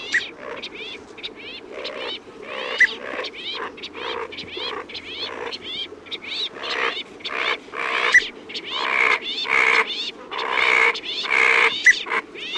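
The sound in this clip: Brown teal calls: a long series of rasping, wheezy notes mixed with rising whistles, repeated rapidly and growing louder toward the end.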